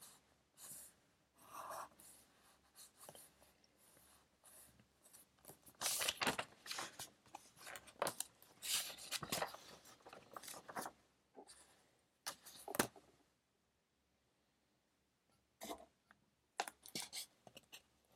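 Pencil scratching while studying comes in uneven bursts of writing, busiest midway, with sharp taps, a low hum, and brief silent pauses.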